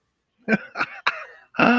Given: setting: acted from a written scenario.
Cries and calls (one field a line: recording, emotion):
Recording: vocal sound without words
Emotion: elation